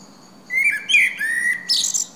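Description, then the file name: Common blackbird delivers a smooth whistled warble that wavers and slides, ending in a brief scratchy high twitter. "Turdus merula"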